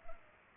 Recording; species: mosquito wingbeat signal from an infrared sensor; Culex pipiens